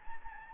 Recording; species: mosquito wingbeat signal from an infrared sensor; Anopheles gambiae